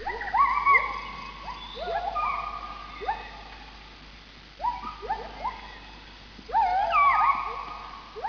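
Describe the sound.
Ape calls: rising whooping notes sliding upward, given in quick bursts of several, with a quieter pause midway before a louder series near the end.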